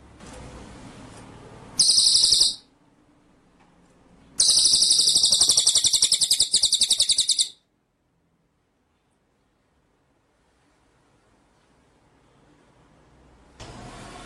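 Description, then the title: White-rumped shama song: a short high trill, then a longer rolling burst of fast pulses, followed by quiet and returning hiss. Masteran training track; full song in the style called ngerol nembak. "Masteran Murai Batu Full Ngerol Nembak"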